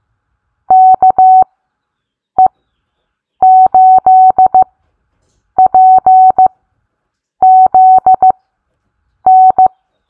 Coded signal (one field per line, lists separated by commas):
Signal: Morse code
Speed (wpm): 15 wpm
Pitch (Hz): 750 Hz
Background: none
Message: KE8PZN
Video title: Learn Morse Code Bingo Style! What Callsign Did You Get is now a game! Let’s Play!